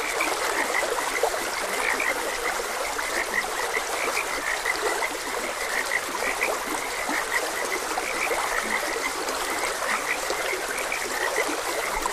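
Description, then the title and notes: Dense frog chorus of short croaks repeating without pause, set against continuous running water. Frogs croaking beside a gentle stream. "Gentle Stream and Frogs Croaking. Sleep and Relaxation Podcast"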